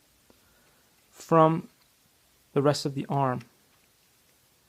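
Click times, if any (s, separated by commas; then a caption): none. A plastic servo piece on an Alpha 1 Pro Ubtech toy robot arm is being handled. It is disconnected from the rest of the arm and about to be pressed back on. Someone talks over quiet background noise, and nothing has seated or clicked yet.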